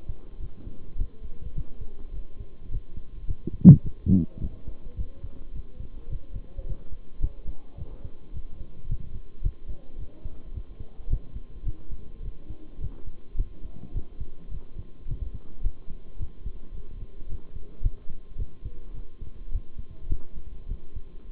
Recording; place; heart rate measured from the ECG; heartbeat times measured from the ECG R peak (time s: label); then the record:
heart sounds by stethoscope; between the tricuspid and mitral areas; 106 bpm
0.40 s: heartbeat
0.98 s: heartbeat
1.55 s: heartbeat
2.13 s: heartbeat
2.70 s: heartbeat
3.27 s: heartbeat
3.83 s: heartbeat
4.40 s: heartbeat
4.96 s: heartbeat
5.53 s: heartbeat
6.09 s: heartbeat
6.66 s: heartbeat
7.21 s: heartbeat
7.77 s: heartbeat
8.33 s: heartbeat
8.88 s: heartbeat
9.43 s: heartbeat
9.98 s: heartbeat
10.53 s: heartbeat
11.09 s: heartbeat
11.65 s: heartbeat
12.22 s: heartbeat
12.80 s: heartbeat
13.37 s: heartbeat
13.93 s: heartbeat
14.51 s: heartbeat
15.07 s: heartbeat
15.63 s: heartbeat
16.18 s: heartbeat
16.74 s: heartbeat
17.28 s: heartbeat
17.83 s: heartbeat
18.38 s: heartbeat
18.93 s: heartbeat
19.51 s: heartbeat
20.09 s: heartbeat
20.68 s: heartbeat
21.31 s: heartbeat
From the record:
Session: bicycle stress test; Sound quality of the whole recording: good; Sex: male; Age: 23 years